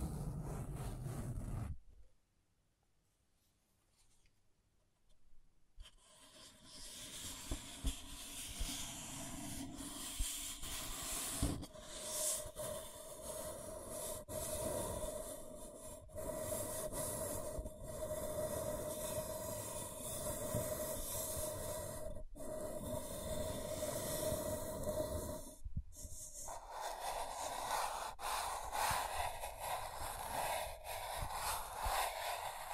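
Scratching and tracing sounds: a rough, continuous scraping rasp that starts after a near-silent gap around seconds 2 to 6, then runs steadily with a low rumble and a faint sustained tone. Sharp clicks or knocks punctuate it every few seconds, notably near 12, 22 and 26 seconds.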